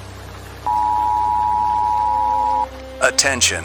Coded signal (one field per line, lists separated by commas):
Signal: Emergency Alert System (SAME) tones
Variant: 853 and 960 Hz attention tone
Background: speech